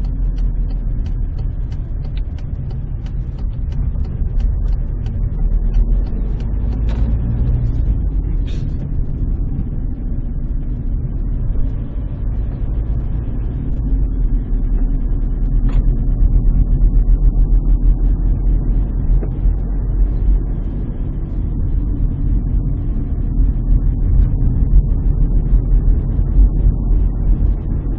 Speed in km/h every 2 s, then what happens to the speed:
16, 11, 17, 27, 27, 28, 31, 30, 31, 34, 32, 29, 30, 37.
3-6 speeds up to 27. 6-24 steady at about 30. 24-28 speeds up to 37.